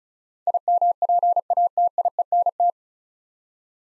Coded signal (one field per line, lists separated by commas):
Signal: Morse code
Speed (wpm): 36 wpm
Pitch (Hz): 700 Hz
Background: none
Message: IMPATIENT